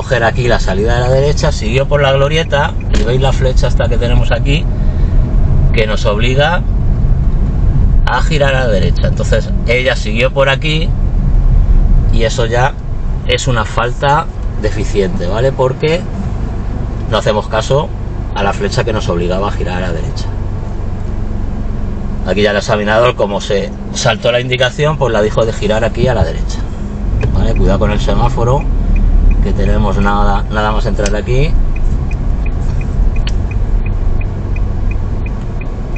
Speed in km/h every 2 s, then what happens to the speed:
17, 19, 21, 21, 20, 18, 8, 1, 0, 0, 0, 0, 0, 0, 12, 10, 7, 2.
0-10 steady at about 19. 10-13 brakes to 1. 13-26 standing. 26-28 pulls away to 12. 31-33 brakes to 2.